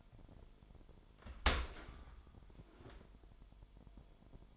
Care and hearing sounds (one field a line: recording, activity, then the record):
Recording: daily activity, microphone in the room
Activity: open dishwasher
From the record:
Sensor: 5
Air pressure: 998.4 hPa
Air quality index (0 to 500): 82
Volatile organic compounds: 1 ppm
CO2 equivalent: 936 ppm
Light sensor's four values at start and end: 21/49/21/23 and 21/49/21/23